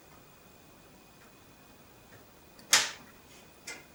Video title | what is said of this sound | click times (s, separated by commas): How To Change A Computer Case | and there you hear it clicks into place | 2.7 s